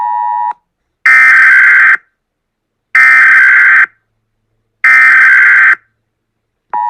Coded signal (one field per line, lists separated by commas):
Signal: Emergency Alert System (SAME) tones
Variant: header bursts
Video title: [PREVIEW] EAS Scenario #3: Radioactive King